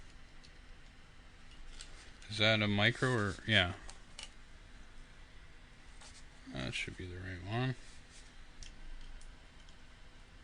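A micro SD card is handled at the spring-loaded push-push card slot on top of a GeeekPi 52Pi Raspberry Pi stack case, with a few faint ticks of handling heard around 0.5, 1.8, 4.2 and 8.6 seconds. Someone talks in two short bursts over a quiet background. Nothing has seated or clicked yet by the end of the clip.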